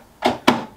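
A chef's knife is pushed back down into a locking knife block slot after being released. A dull thunk at 0.3 s is followed by a sharper click at 0.5 s as the internal lock catches and the knife seats. No one talks during the sound.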